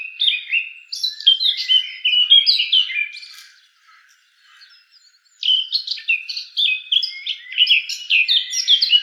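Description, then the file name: Eurasian blackcap singing two bursts of fast, varied warbling with clear whistled notes, separated by a short near-silent pause. "Sylvia atricapilla"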